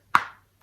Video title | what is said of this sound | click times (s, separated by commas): 10 Dollar Store Finds, Tips & Trick | they have like a little click so they seal nicely | 0.1 s